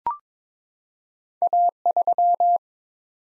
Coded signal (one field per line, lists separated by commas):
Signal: Morse code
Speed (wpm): 22 wpm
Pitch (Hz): 700 Hz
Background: none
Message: A3